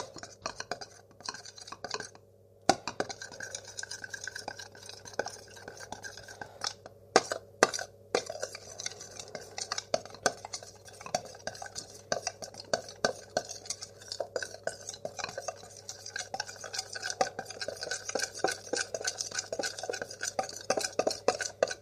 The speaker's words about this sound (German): dann nehmen wir noch, tun wir noch ein ganz kleines bisschen Wasser rein, so ein Esslöffel von ungefähr. So. Und verrühren das. Verrühren das. So.